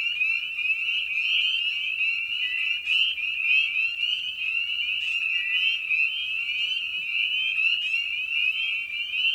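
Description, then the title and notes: Dense massed spring peepers, a nonstop high ringing of rising peeps. Evening at a frog pond; presented in a modified format intended as a sleep aid. "Night of the Peepers. Spring Peeper (Pseudacris crucifer). Ian Carlsen"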